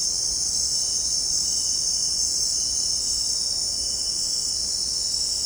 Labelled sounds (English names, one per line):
none